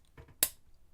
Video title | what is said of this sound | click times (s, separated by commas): Transforming the Tetra Squadron - Vangelus Review 174-B | But if you line it up right, it's actually going to click a little bit | 0.4 s